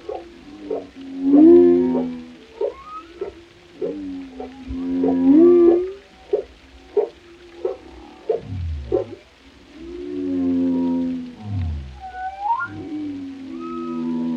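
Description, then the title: Whale song with droning harmonic moans, rising whoops, low downsweeping groans and brief pulsed notes, alternating in phrases across the passage. Compilation of whale vocalizations including moans, resonant calls and melodies, presented for relaxation. "Soothing Symphony of the Deep: Captivating Whale Sounds for Relaxation"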